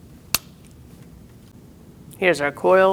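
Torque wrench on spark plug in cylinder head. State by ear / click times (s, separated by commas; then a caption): torque reached / 0.3 s. A click-type torque wrench set to 17 ft-lb tightens a new spark plug into the aluminum cylinder head of a 2008-2014 Mercedes-Benz C300, giving a single sharp click at 0.3 s as it breaks at its setting. After a quiet stretch, someone talks from about 2.2 s.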